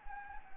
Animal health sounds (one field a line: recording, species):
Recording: mosquito wingbeat signal from an infrared sensor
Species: Anopheles gambiae